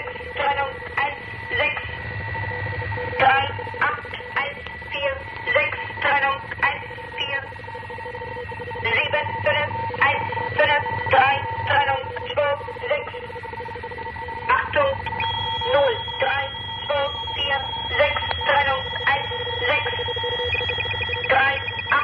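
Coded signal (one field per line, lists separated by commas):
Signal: numbers station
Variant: Gong Station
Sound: repeated metallic gong-like strikes roughly twice a second over a steady whine, radio-filtered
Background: radio static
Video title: The Conet Project - Gong Station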